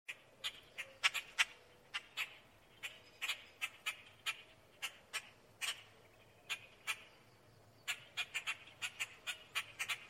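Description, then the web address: Grackle: harsh clicking calls, sharp chack notes in loose bursts with short pauses. "birds-grackel-01"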